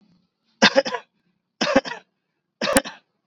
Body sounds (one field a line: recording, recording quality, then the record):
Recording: shallow voluntary cough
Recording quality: excellent, no background noise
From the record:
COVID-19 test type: RT-PCR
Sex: male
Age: 22 years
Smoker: no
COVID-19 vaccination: both doses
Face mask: worn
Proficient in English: yes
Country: India